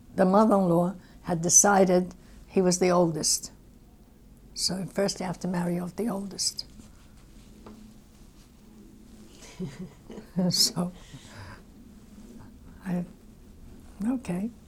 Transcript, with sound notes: the mother-in-law had decided he was the oldest, so first you have to marry off the oldest. ( they laugh ) So I, okay.